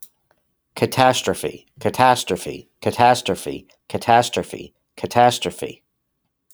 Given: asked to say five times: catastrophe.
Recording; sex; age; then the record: repeated word; male; 30 to 39 years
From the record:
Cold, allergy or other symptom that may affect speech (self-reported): no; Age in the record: 34 years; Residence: New Jersey, United States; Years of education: 12